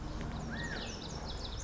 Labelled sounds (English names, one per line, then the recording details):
Cassin's Vireo
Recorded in Sonoma County, California